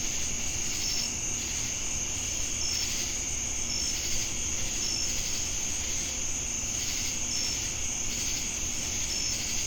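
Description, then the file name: Crickets trilling: an unbroken high-pitched buzz with brief chirps recurring throughout, over a steady low rumble. Jamestown, North Carolina, August 10, 2018. "Crickets And Sacadas Jamestown NC August-10-2018"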